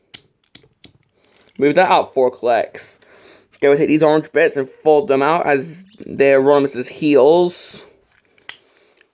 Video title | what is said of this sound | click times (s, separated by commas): Transformers Reviews - Energon Rodimus | three clicks and then move | 0.2 s, 0.6 s, 0.8 s